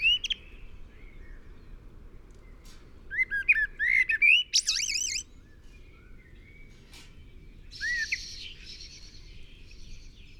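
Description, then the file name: Common blackbird song: a fluted phrase ending in a bright, squeaky twittering flourish, followed by quieter scattered high notes. "Turdus merula"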